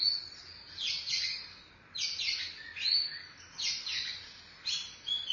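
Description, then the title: Oriental magpie-robin song: harsh downslurred notes in several short groups, with a faint background hiss. Chirping song (kicauan) of the bird. "Suara Kicauan Burung Kacer Durasi Panjang"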